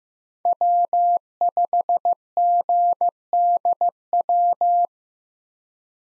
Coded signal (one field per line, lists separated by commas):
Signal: Morse code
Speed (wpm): 15 wpm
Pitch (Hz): 700 Hz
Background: none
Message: W5GDW